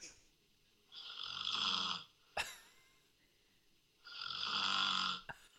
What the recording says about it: This is the girlfriend snoring. It's a lot more delicate. I don't think that's anywhere near as bad.